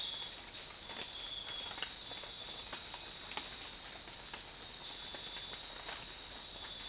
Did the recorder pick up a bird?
no